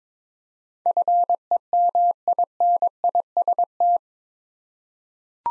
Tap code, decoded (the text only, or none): none